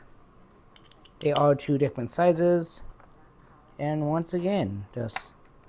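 Someone talks while handling a security screwdriver, switching to the other-sized bit for a Nintendo game cartridge case screw; faint light ticks are heard around 0.8, 0.9, 1.1 and 3.0 seconds. The bit has not yet seated or clicked into the cartridge screw.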